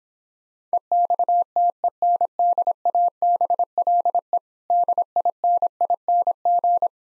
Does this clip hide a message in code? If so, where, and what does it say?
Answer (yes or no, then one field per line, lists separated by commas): yes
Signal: Morse code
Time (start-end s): 0.7-6.9 s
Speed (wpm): 26 wpm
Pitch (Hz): 700 Hz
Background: none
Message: EXTENDABLE DINING